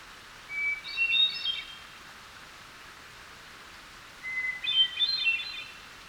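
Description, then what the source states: Hermit Thrush singing two ethereal phrases, each beginning with a sustained clear note followed by a higher fluty flourish, separated by a few seconds of quiet. Singing in the morning, seen perched on a low limb in a hemlock tree near a small waterfall.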